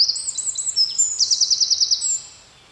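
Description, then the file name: Eurasian wren singing a brief high burst: quick sharp notes running into an even rattling trill of several beats, then fading out. "Troglodytes troglodytes"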